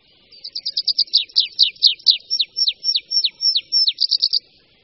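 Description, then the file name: Tree pipit delivering one song phrase: quick high chips, then a steady series of descending slurred notes, ending in a fast trill. "Linduška-lesní"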